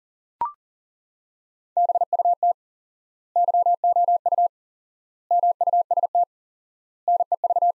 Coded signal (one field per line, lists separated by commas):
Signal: Morse code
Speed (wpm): 40 wpm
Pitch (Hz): 700 Hz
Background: none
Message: BUT YOU MUST NEV